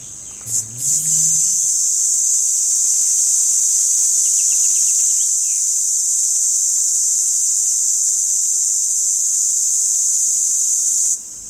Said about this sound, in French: Et donc on va aller chercher la cigale rouge, de son petit nom latin Tibicina hematodes. Alors c'est pas la cigale la plus commune, la plus facile à trouver, elle est plutôt dans les arbustes, dans les arbres, mais elle fait un son assez intense.